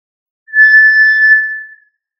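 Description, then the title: Tinamou giving a single long, steady, pure whistle that holds one pitch and then fades. "Familia Tinamidae - Quail - Puyuh"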